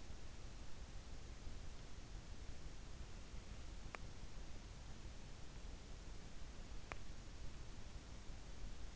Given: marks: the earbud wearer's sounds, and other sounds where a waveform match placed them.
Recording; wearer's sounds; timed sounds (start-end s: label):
sounds in sleep by an in-ear microphone; teeth grinding
3.64-4.19 s: teeth grinding
6.60-7.18 s: teeth grinding